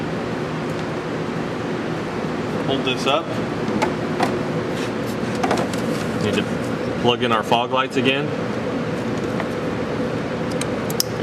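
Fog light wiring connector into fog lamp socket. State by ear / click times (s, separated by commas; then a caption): seated / 11.0 s. On a 2007 Toyota Prius, during bumper reassembly for an HID headlight change, the plastic fog light wiring connector is plugged back into the fog lamp socket while someone talks over a steady background hum. A sharp click at 11.0 s marks the connector seating.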